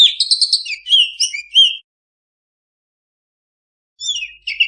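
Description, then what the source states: Oriental magpie-robin giving a short burst of bright whistles and chirps, then about two seconds of silence before another brief phrase begins. Singing kacer, meant to train kacer that do not sing.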